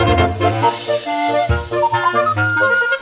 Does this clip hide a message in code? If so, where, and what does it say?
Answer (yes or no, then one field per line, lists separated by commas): no